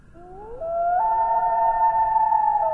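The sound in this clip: Common loon giving a rising wail that climbs and then settles into a sustained, steady tone, clear and ringing throughout.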